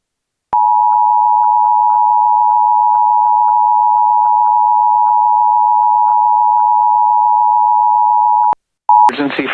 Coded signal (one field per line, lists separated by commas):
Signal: Emergency Alert System (SAME) tones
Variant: 853 and 960 Hz attention tone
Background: speech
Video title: EAS | PDS Flash Flood Emergency for the City of New Orleans, Lousisana | NOAA Weather Radio